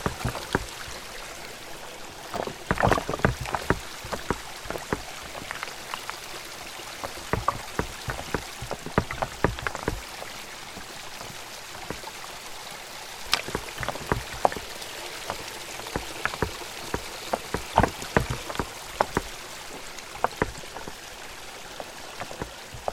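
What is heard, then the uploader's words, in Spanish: Field recording at Lagunas de Zempoala: steady bright hiss with dense, irregular sharp drips and taps like raindrops throughout, clusters around seconds 3, 9, 17. Fonografias_Lagunas_Zempoala.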